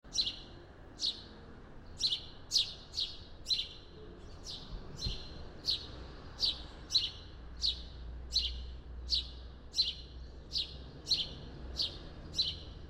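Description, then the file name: House sparrow chirping persistently, many chirps in a long series, with soft low rumbling noise throughout. "Passer domesticus"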